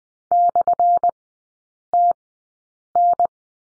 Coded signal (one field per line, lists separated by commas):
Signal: Morse code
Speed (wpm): 20 wpm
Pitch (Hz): 700 Hz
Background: none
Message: /TN